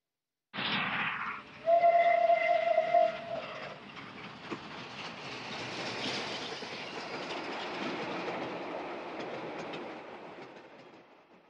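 A train rolls along the rails with a steady rumbling roar and faint rhythmic clatter, opening with a loud burst and a brief whistle-like tone before settling into a continuous drone.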